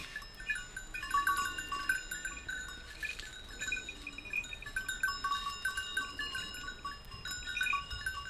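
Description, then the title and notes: Grazing goats with bells, continuous tinkling and small clangs at irregular moments. A few goats grazing on a sloping meadow, their bells tinkling at random; Village Tipi, Route du Revard, Montcel near Chambéry, Savoie, France. "Village Tipi, Route du Revard, Chalets de la Clusaz, Montcel, Chambéry, Savoie, Auvergne-Rhône-Alpes, France métropolitaine, 73100, France - Les chèvres. Quelques chèvres broutent dans une prairie en pente, le raffiné tintement aléatoire de leurs clochettes empli l'espace, un discret criquet stridule dans les herbes"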